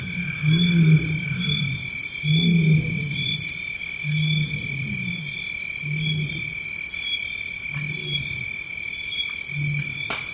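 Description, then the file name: Lion giving deep, low grunts repeated about every two seconds, with a constant shrill drone behind. Lion in Tanzania. "lion and monkeys in tanzania"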